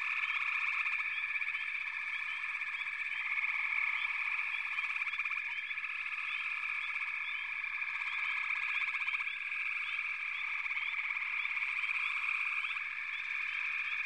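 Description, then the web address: Many frogs calling together: a steady ringing trill, frequent short chirps, and pulsed rattling bursts that come and go throughout. "Sounds of Nature Collection. Froggies"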